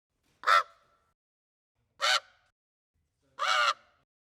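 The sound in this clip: Common raven calling three rough, croaking caws spaced roughly one and a half seconds apart against a quiet background.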